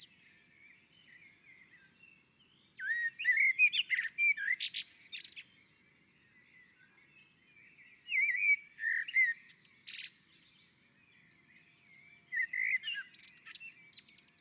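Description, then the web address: Common blackbird song: three separate phrases, each a low mellow warble ending in a burst of high squeaky twitters, with short quiet pauses between them. On the roof. "sammel Naturinspelningar Koltrast på taket"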